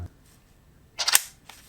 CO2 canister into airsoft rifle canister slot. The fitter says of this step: you put your co2 canister in and listen up clicks